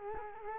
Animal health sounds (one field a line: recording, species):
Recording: mosquito wingbeat signal from an infrared sensor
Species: Culex quinquefasciatus